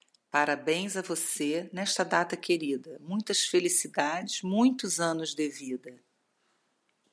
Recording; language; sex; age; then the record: short text; Brazilian Portuguese; female; 50 to 59 years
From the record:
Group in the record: control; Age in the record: 56 years